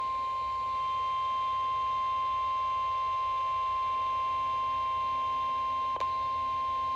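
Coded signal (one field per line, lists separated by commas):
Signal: Emergency Alert System (SAME) tones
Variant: 1050 Hz attention tone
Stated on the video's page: NOAA Weather Radio EAS Flash Flood Watch for Delaware, New Jersey and Pennsylvania areas.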